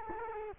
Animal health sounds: mosquito wingbeat signal from an infrared sensor; Culex quinquefasciatus

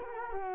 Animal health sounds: mosquito wingbeat signal from an infrared sensor; Culex quinquefasciatus

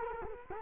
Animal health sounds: mosquito wingbeat signal from an infrared sensor; Culex quinquefasciatus

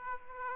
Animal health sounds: mosquito wingbeat signal from an infrared sensor; Aedes aegypti

